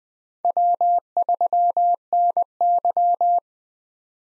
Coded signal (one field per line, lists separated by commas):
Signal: Morse code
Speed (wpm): 20 wpm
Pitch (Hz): 700 Hz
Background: none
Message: W3NY